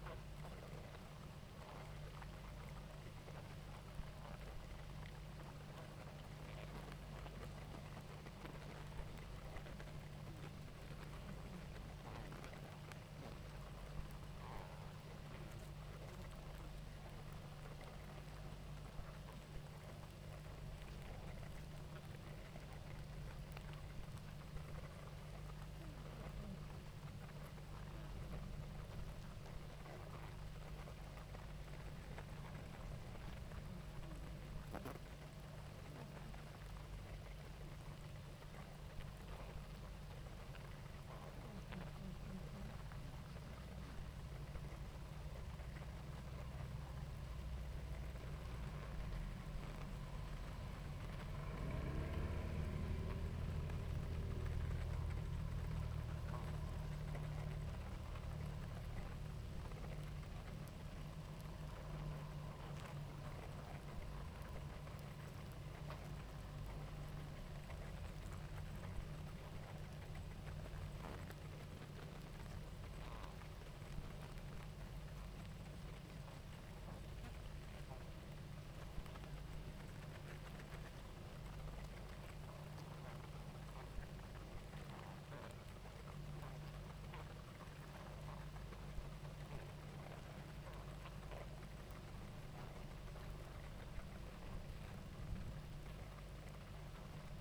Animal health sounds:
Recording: honeybee colony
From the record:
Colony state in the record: active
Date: 28 July 2017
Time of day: 18:55

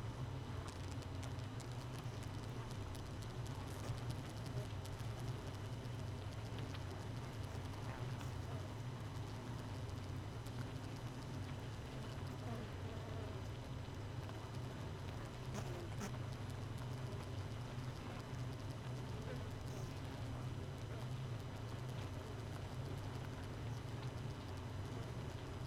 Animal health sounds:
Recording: honeybee colony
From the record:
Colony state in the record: missing queen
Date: 31 May 2018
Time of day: 5:13

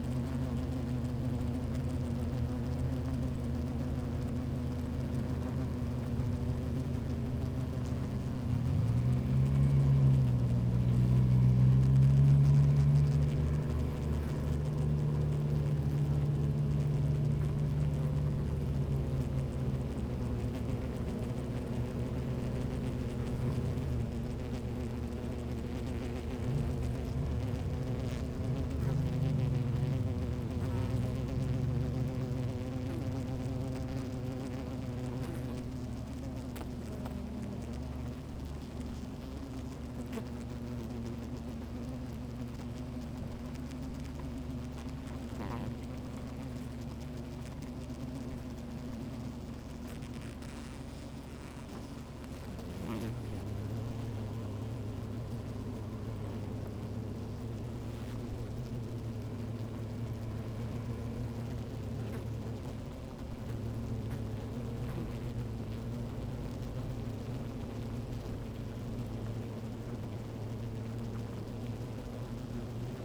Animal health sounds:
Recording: honeybee colony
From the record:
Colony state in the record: active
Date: 28 July 2017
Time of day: 12:53

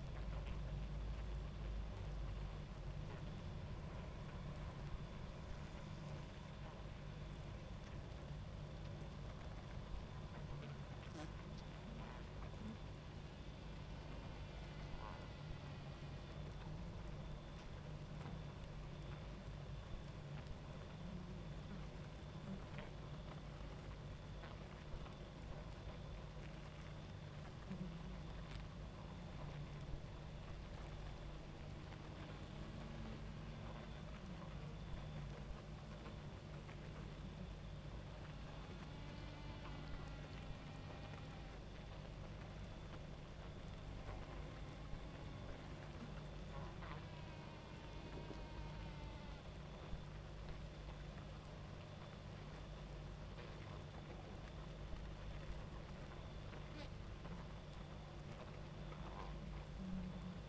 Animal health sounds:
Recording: honeybee colony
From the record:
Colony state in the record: active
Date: 28 July 2017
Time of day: 23:58

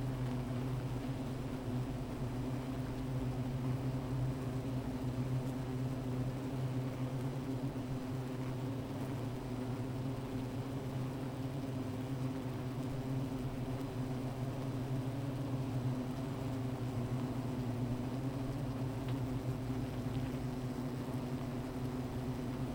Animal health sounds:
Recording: honeybee colony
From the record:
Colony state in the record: missing queen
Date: 14 July 2017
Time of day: 15:22

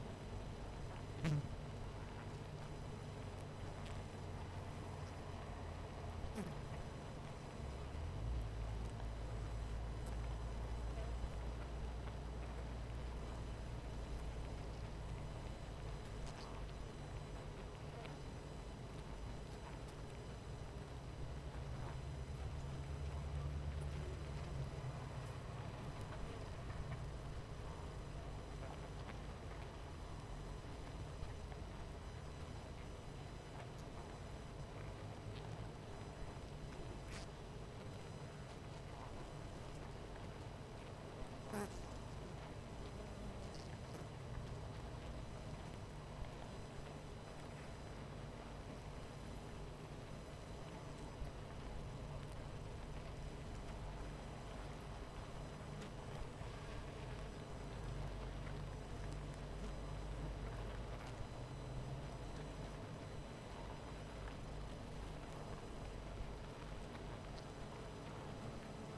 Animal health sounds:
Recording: honeybee colony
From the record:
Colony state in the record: missing queen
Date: 14 July 2017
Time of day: 18:20

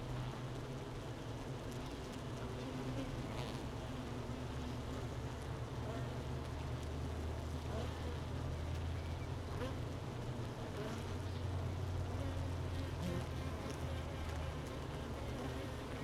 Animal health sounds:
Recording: honeybee colony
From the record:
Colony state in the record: missing queen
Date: 31 May 2018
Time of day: 13:00

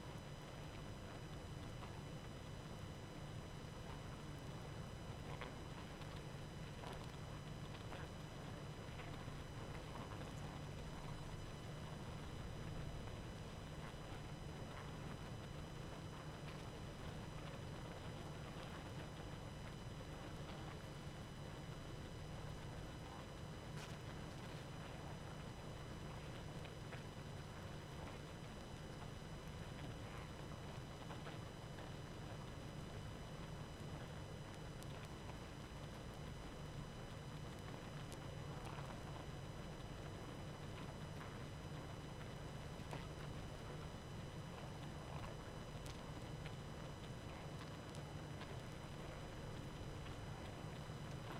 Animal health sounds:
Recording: honeybee colony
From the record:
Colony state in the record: active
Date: 12 June 2018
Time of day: 19:31

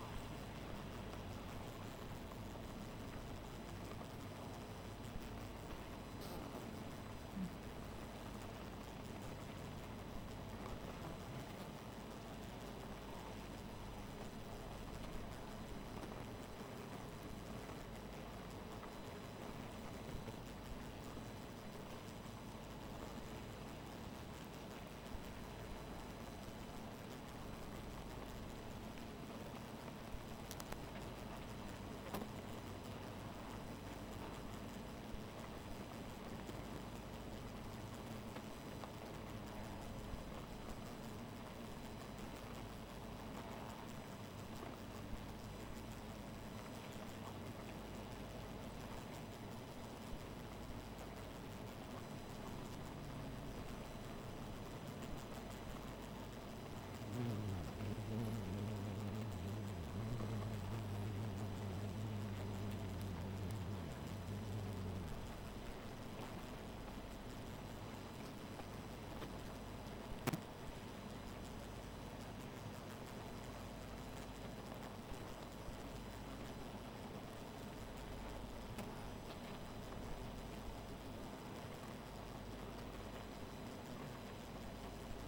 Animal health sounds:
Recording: honeybee colony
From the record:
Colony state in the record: missing queen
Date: 14 July 2017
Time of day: 2:07

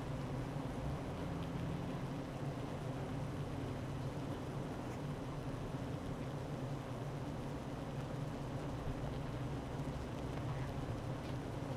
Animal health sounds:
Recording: honeybee colony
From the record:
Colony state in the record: active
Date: 12 June 2018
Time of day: 9:09

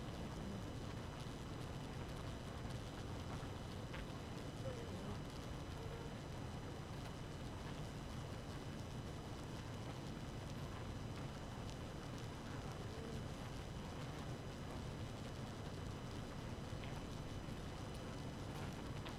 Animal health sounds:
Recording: honeybee colony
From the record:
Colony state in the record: active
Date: 12 June 2018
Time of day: 4:37

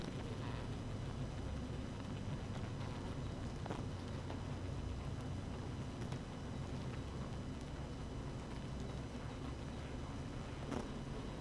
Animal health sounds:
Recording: honeybee colony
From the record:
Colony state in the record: active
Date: 12 June 2018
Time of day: 6:50

